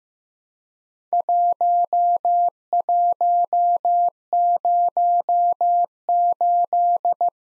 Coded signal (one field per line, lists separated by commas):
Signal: Morse code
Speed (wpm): 16 wpm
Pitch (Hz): 700 Hz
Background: none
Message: 1108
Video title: Worked All Europe DX Contest QTC Exchange 15wpm